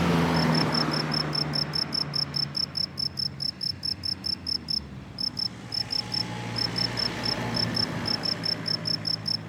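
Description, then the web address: Cricket chirping in quick regular runs with short breaks, accompanied by a low hum in the background. "college-alain-crozon grillon"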